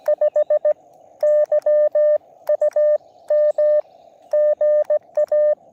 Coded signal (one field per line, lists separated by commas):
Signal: Morse code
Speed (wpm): 16 wpm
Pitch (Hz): 600 Hz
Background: none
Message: 5 YUM GA